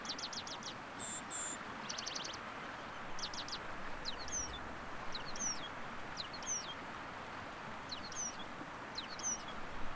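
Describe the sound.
White-crowned penduline tit calling: short high trills and thin whistles, then a steadily repeated series of thin, descending notes over steady background noise.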